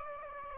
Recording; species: mosquito wingbeat signal from an infrared sensor; Aedes aegypti